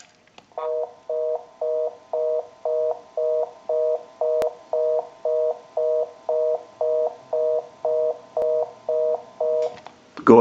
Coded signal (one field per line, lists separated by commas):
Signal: telephone call progress tone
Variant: North America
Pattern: reorder tone